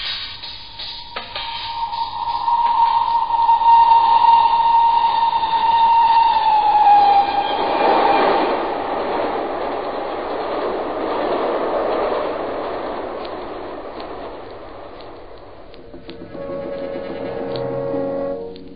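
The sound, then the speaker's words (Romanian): A train rolls along the rails with a steady, rushing roar and a thin high-pitched wheel squeal early on, ending in a quicker rhythmic clatter of wheels. No one speaks. “Am un tren peste o jumătate de oră.”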